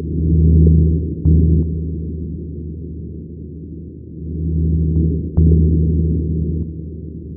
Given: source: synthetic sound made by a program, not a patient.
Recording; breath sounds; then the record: synthetic breath sounds; coarse crackles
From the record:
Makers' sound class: crackles